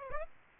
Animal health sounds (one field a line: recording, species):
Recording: mosquito wingbeat signal from an infrared sensor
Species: Aedes aegypti